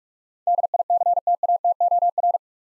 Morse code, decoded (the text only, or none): DICTATOR